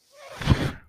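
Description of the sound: A brief soft whoosh of air rising and fading, one breath delivered by a mechanical ventilator.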